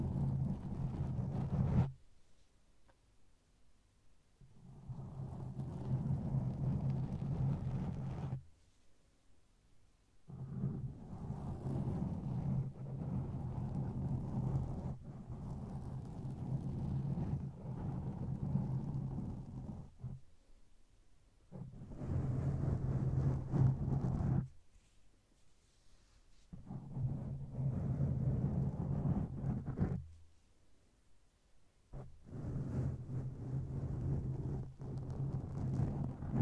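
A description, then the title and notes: Mic scratching comes in long low, rumbling bursts of rough rubbing, broken by brief silent gaps roughly every five to ten seconds. ASMR Sleep Inducing Mic ScratchingBrain Massage.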